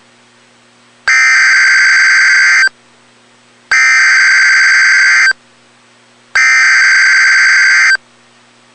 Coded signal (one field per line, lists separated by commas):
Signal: Emergency Alert System (SAME) tones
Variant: header bursts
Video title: EAS Alerts #123-124